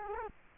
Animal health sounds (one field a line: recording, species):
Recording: mosquito wingbeat signal from an infrared sensor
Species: Culex quinquefasciatus